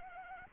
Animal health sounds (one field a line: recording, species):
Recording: mosquito wingbeat signal from an infrared sensor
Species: Anopheles arabiensis